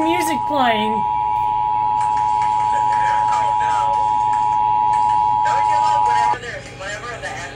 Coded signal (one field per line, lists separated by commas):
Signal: Emergency Alert System (SAME) tones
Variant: 853 and 960 Hz attention tone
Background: speech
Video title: SEVERE THUNDERSTORM WARNING ON WKML AND WQSM FM EAS #4004 - #4005